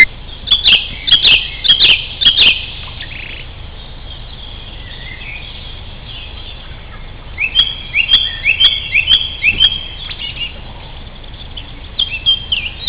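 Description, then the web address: Sparrow chirps in bursts: a cluster of quick notes at the start, a quiet gap, then another run of repeated chirps near the end. "moineaux oiseaux"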